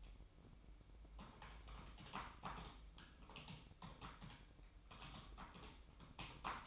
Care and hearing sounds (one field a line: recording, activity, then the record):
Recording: daily activity, microphone in the room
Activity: typing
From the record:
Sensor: 1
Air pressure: 1007.6 hPa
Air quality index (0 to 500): 79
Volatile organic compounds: 1 ppm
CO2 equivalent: 685 ppm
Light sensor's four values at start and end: 12/28/12/13 and 12/28/11/13